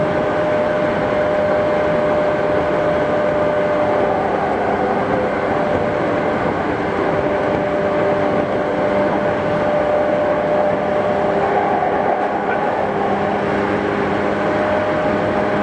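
A Tokyu 8500 series train runs steadily, its motor whine holding tones that shift slightly around four and twelve seconds over a constant rumble.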